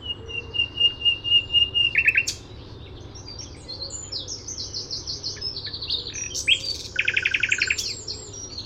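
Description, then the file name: Common nightingale song beginning with a long high note, then a sputtering run of notes, varied chirps and a dense buzzy trill; low hum beneath. "Luscinia megarhynchos"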